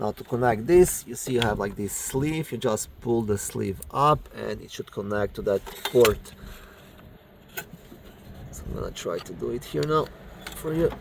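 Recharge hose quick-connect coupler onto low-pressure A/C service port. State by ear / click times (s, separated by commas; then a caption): not seated / none. A Ford Focus A/C recharge hose quick-connect coupler, its sleeve pulled up, is lined up and moved toward the low-pressure A/C service port before being pushed home. Someone talks throughout, with faint metallic handling sounds. The coupler has not clicked or seated onto the port yet.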